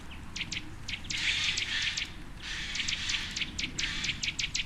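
Birds chirping, rapid high chirps in two dense bursts with brief quieter gaps, over a low steady background hum.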